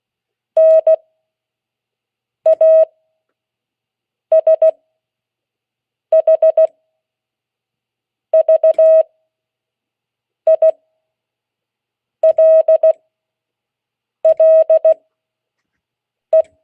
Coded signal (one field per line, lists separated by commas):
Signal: Morse code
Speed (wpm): 16 wpm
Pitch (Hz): 640 Hz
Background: none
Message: NASHVILLE